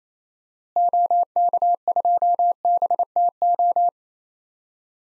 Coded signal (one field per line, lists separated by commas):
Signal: Morse code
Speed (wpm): 28 wpm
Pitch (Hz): 700 Hz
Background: none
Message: OK2BTO